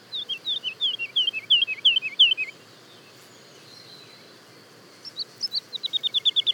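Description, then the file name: Woodlark song: a cascade of looping, falling whistled notes, a pause of quiet hiss, then a fresh accelerating run of high repeated notes. Daytime song and duet, recorded at Le Puech, France. "alouette lulu chant de jour et duett Le Puech F"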